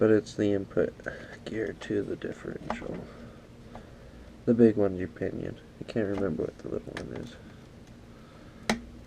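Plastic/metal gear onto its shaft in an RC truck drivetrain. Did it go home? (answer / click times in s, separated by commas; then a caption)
yes / 8.7 s. Someone talks while a gear, the spur/pinion or the differential input gear (plastic/metal), is pressed onto its shaft in the drivetrain of a brushless Dromida DT4.18 RC truck. A sharp click sounds at 8.7 s as the gear pops into place and seats.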